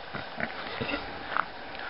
Coughing Pig.